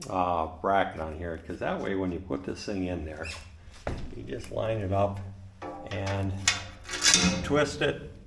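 A channel nut with a small blue bracket is handled at a metal strut channel, lined up to be twisted in while someone talks throughout. No click is heard, and nothing has seated or locked in yet.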